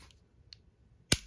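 While a compact pistol is reassembled, its slide is pulled back to the small indent and the metal slide stop/takedown lever is pushed into the frame. After a faint tick near 0.5 s, a sharp, loud metallic click at 1.1 s marks the lever popping into place, seated.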